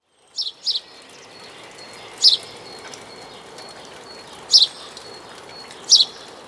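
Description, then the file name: House sparrow giving clipped chirps, a quick pair at first, then single notes every couple of seconds against a soft hiss. "Passer domesticus"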